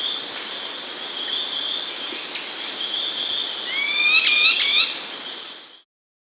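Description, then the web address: Tawny-crowned greenlet calling, a quick series of rising, squeaky whistled notes near the end, over a steady high insect drone. South America, Andes. "S America Andean Birds. Tawny-Crowned Greenlet (Hylophilus Ochraceiceps)"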